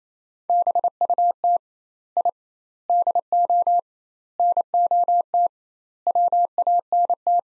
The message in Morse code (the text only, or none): BUT I DO NOT WANT